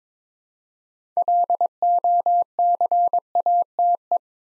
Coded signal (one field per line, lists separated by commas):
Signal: Morse code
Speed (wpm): 22 wpm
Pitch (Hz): 700 Hz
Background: none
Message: LOCATE